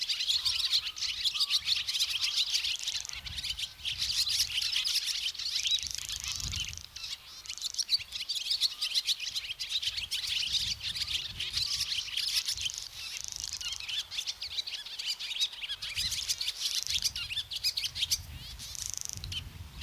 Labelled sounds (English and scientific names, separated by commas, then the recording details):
Barn Swallow (Hirundo rustica) song
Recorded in the wild
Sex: male
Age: adult
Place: Loddin, Insel Usedom, Mecklenburg-Vorpommern, DE
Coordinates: 54.0264, 14.0139
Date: 1983-09-20 10:59
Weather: overcast, 15°C
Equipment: Nagra SN, Sennheiser MKH 416 T, Kopie Uher 4000 Report Monitor
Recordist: Tembrock, Günter